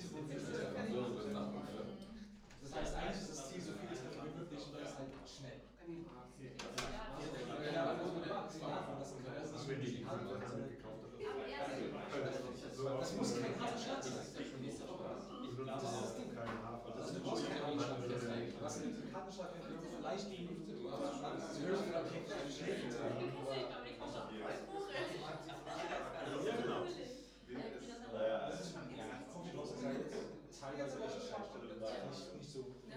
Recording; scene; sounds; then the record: everyday scene through a hearing-aid microphone; many people talking; many voices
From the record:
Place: bistro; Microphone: in the ear canal, right